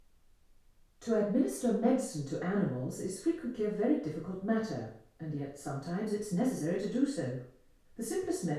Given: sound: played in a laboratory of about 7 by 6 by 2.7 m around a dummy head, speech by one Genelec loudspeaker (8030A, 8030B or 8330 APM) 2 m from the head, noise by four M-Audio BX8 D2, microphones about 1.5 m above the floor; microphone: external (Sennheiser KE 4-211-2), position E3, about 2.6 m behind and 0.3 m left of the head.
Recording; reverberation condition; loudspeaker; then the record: female speech in English; medium; 120 degrees to the right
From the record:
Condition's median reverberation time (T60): about 510 ms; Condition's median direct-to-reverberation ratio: about -0.5 dB